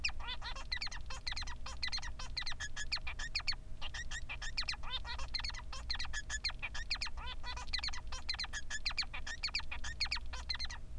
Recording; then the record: song of a male Bengalese finch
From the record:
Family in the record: son of father 3